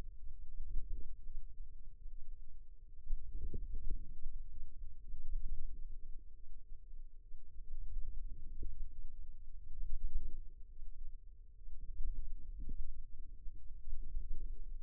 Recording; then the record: forearm muscle sounds (acoustic myography)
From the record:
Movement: radial deviation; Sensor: system 2, bracelet of six BSWA MPA416 microphones around the upper forearm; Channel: 5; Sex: female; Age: 22 years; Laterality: right